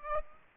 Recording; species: mosquito wingbeat signal from an infrared sensor; Aedes aegypti